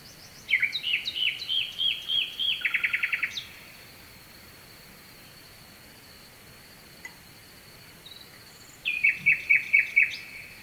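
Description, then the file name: Nightingale singing a phrase of repeated whistled notes and a fast rattle, then several seconds of quiet hiss before another quick series of repeated notes. Sung at night with a distant stream, Kovachevitsa, Bulgaria. "Noshten slavej i dalechen potok (s Kovachevica)"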